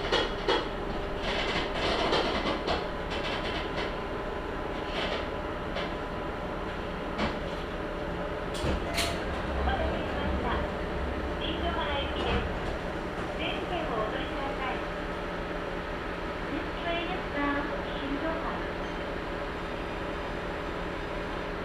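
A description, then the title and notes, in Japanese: A ride aboard a small local train, heard from inside the carriage. A steady, dense low rumble and hum of wheels and motor run throughout, with sharp clicks and knocks from the track near the start and around nine seconds, and faint voices in the background. 天竜浜名湖鉄道 金指→西気賀→金指 往復。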